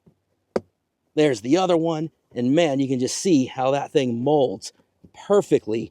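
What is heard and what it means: On the driver's side of an F-150, the second fastener of a rubber floor mat is pressed onto the other factory floor peg, giving a single sharp snap at 0.6 s. Someone then talks as the fastener sits seated on its peg.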